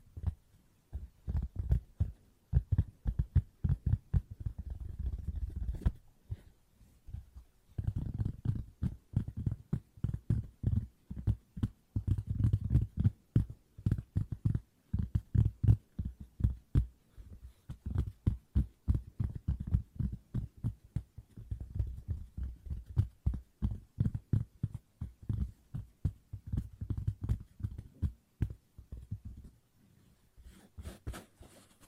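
Fast, close-up tapping runs in quick bursts of dense, dull thuds with a soft low body and crisp clicky edges. Brief pauses break it up near six and twenty-nine seconds, and the last second brings sharper, brighter taps. No voice is heard.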